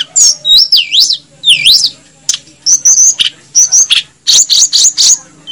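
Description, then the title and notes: Snowy-browed flycatcher song: high, thin whistled notes swooping up and down, with sharp chirps and short bursts spaced by brief pauses. Masteran recording made for training cage birds to copy its song. "Masteran Tledekan Gunung Sikatan Gunung. BURUNG TLEDEKAN"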